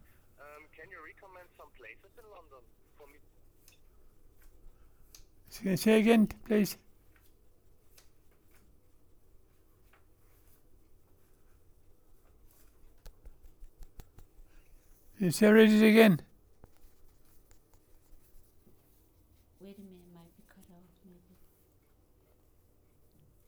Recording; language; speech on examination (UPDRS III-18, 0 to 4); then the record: conversation on a phone call; English; 1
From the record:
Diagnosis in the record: Parkinson's disease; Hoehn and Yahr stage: 3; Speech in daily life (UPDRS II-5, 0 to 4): 1